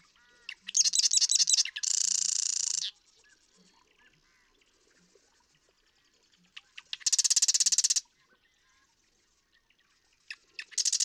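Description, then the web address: Marsh Wren: sputtering notes run into a long buzzy trill, repeated a few seconds later, with a third song starting at the end. "birdsongforthecurious Marsh Wren"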